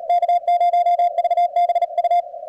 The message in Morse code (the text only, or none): K0VBU